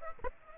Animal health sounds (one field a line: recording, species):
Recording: mosquito wingbeat signal from an infrared sensor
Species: Aedes aegypti